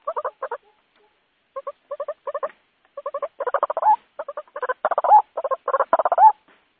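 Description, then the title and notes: White-breasted waterhen giving harsh, nasal croaks in short quick bursts, pausing, then building into louder, denser grunting phrases toward the end. Lure call recording, used to attract waterhens; described as 'jawara' (champion). "Pikat Ruak Jawara. Suara Burung Ruak"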